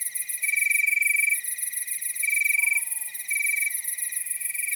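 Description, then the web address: Crickets chirping in long buzzy trilled phrases with brief gaps, over a steady shrill chorus, plus one faint falling whistle. Nocturnal wasteland soundscape at night. "Nature Chill Out 2014. Toads, Nighthawks and Crickets"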